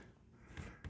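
A cordless blind's headrail is tilted up and pushed into its metal mounting bracket clip. Two faint, sharp clicks are heard at 0.6 s and 0.8 s as the headrail seats in the clip.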